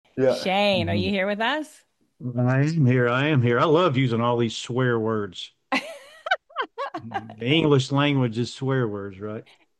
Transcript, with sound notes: Shane, are you here with us?
I am here, I am here. I love using all these swear words.
(laughs)
The English language is swear words, right?